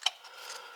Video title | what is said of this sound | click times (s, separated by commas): 2014 Buick Enclave 3.6L Coils and Plugs at 200K Miles #buickenclave #buick | that on there till it clicks and it catches on here. So, you know it's on all the way. | 0.1 s